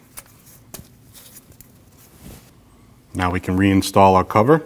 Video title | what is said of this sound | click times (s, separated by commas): How to Replace Alternator 2012-2021 Nissan NV2500 5.6L V8 | And you can install your plug back into your oil pressure sensor. Listen to the click. | 0.8 s